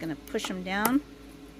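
Someone talks while handling small laser-cut wooden pieces, getting ready to push them down into their holes on a wooden toy bus body. The voice fills the first second, then only low background remains. Nothing has clicked or seated yet.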